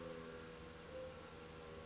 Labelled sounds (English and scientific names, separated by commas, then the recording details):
Mourning Dove (Zenaida macroura)
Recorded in Sonoma County, California